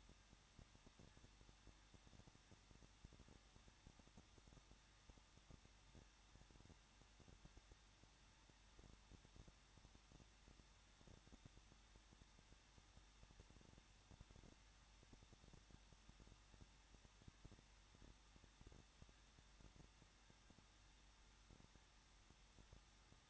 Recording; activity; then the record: daily activity, microphone in the room; no activity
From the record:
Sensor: 3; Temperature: 21.2 degrees Celsius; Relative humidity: 36.3%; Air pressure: 1006.2 hPa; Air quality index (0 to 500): 221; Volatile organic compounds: 41 ppm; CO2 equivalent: 3161 ppm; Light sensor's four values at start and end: 2/3/2/2 and 2/3/2/2